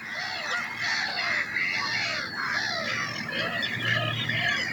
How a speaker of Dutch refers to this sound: De grauwe ganzen die wisten er nog net bovenuit te komen, vertelde Marjan. En ook de kluut die liet vlakbij zijn roepjes horen.